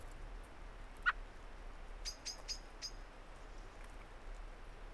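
Common blackbird call: one hard chuck note followed by a quick run of thin, high-pitched notes, against soft background noise.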